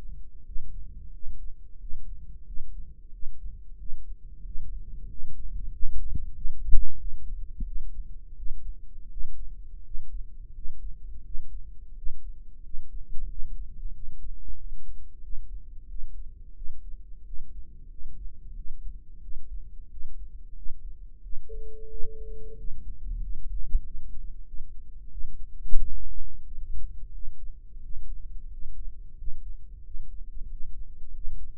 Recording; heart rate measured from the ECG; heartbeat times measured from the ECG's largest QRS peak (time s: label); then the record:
heart sounds by microphone in the right ear; 90 bpm
0.47 s: heartbeat
1.15 s: heartbeat
1.81 s: heartbeat
2.48 s: heartbeat
3.14 s: heartbeat
3.80 s: heartbeat
4.46 s: heartbeat
5.11 s: heartbeat
5.74 s: heartbeat
6.36 s: heartbeat
7.00 s: heartbeat
7.67 s: heartbeat
8.37 s: heartbeat
9.12 s: heartbeat
9.86 s: heartbeat
10.56 s: heartbeat
11.25 s: heartbeat
11.98 s: heartbeat
12.65 s: heartbeat
13.30 s: heartbeat
13.95 s: heartbeat
14.59 s: heartbeat
15.24 s: heartbeat
15.90 s: heartbeat
16.57 s: heartbeat
17.27 s: heartbeat
17.92 s: heartbeat
18.57 s: heartbeat
19.23 s: heartbeat
19.92 s: heartbeat
20.57 s: heartbeat
21.24 s: heartbeat
21.91 s: heartbeat
22.59 s: heartbeat
23.23 s: heartbeat
23.86 s: heartbeat
24.48 s: heartbeat
25.12 s: heartbeat
25.79 s: heartbeat
26.46 s: heartbeat
27.15 s: heartbeat
27.84 s: heartbeat
28.52 s: heartbeat
29.19 s: heartbeat
29.86 s: heartbeat
30.51 s: heartbeat
31.15 s: heartbeat
From the record:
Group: healthy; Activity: rest 0-22 s, Valsalva maneuver 22-32 s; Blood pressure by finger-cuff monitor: 140/77 mmHg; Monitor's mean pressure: 94 mmHg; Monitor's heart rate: 90 bpm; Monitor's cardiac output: 7.5 L/min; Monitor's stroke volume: 83 mL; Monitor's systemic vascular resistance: 920 dyn s/cm5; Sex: male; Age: 21 years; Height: 175 cm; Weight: 72.6 kg